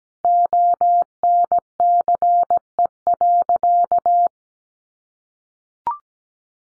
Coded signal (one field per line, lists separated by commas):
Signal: Morse code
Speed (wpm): 17 wpm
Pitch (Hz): 700 Hz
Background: none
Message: ONCE.